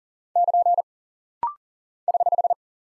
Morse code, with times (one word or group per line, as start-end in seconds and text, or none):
0.4-0.8 <KN>
2.1-2.5 <HH>